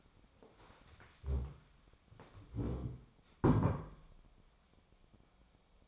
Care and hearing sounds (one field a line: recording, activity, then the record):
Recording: daily activity, microphone in the room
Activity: stand up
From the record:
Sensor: 1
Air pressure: 1015.2 hPa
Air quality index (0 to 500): 157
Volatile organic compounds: 9 ppm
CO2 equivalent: 2178 ppm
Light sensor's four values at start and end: 12/30/12/14 and 12/30/12/13